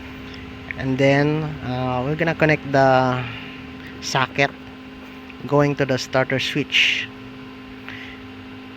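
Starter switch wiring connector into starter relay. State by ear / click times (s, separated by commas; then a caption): seated / 7.9 s. Someone talks over a steady low hum as a plastic wiring socket going to the starter switch is pushed onto the starter relay with one hand. A short, sharp click at 7.9 s marks the connector snapping into place, fully seated.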